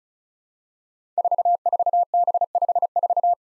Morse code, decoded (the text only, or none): 44B54